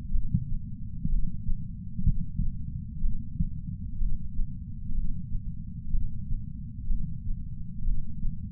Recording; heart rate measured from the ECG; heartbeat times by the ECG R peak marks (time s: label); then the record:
heart sounds by patch sensor on the chest; 62 bpm
0.11 s: heartbeat
1.09 s: heartbeat
2.04 s: heartbeat
3.01 s: heartbeat
3.98 s: heartbeat
4.94 s: heartbeat
5.91 s: heartbeat
6.87 s: heartbeat
7.84 s: heartbeat
From the record:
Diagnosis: coronary artery disease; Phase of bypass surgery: preoperative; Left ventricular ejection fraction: 60%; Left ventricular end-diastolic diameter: 47 mm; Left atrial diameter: 35 mm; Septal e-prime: 6.9 cm/s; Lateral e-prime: 9.8 cm/s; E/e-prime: 7.7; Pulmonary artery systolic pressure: 27 mmHg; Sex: male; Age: 63 years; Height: 180 cm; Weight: 65 kg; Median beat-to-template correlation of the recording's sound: 0.86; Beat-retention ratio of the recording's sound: 0.95